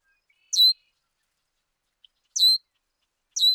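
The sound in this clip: Bird calls: three short, high, harmonic chirps spaced one to two seconds apart over silence.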